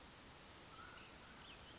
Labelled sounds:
Mountain Quail (Oreortyx pictus)
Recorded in Sonoma County, California

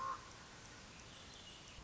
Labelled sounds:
Common Raven (Corvus corax)
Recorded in Sonoma County, California

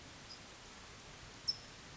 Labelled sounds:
California Towhee (Melozone crissalis)
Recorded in Sonoma County, California

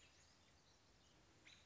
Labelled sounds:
American Robin (Turdus migratorius)
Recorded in Sonoma County, California

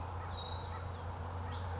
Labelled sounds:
California Towhee (Melozone crissalis)
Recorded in Sonoma County, California

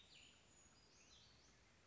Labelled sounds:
Brown Creeper (Certhia americana)
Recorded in Sonoma County, California

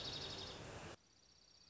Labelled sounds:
Dark-eyed Junco (Junco hyemalis)
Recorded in Sonoma County, California

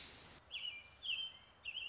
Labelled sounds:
American Robin (Turdus migratorius)
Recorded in Sonoma County, California

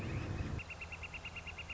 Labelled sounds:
Northern Flicker (Colaptes auratus)
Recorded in Sonoma County, California

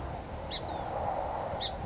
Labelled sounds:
Song Sparrow (Melospiza melodia)
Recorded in Sonoma County, California

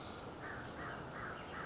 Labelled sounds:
American Crow (Corvus brachyrhynchos)
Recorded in Sonoma County, California

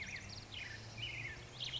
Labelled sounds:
Black-headed Grosbeak (Pheucticus melanocephalus)
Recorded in Sonoma County, California

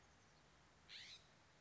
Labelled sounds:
California Scrub-Jay (Aphelocoma californica)
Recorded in Sonoma County, California

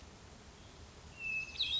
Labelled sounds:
Hermit Thrush (Catharus guttatus)
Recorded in Sonoma County, California

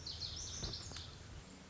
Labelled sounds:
Lazuli Bunting (Passerina amoena)
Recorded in Sonoma County, California

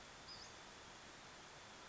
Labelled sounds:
Western Flycatcher (Empidonax difficilis)
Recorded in Sonoma County, California

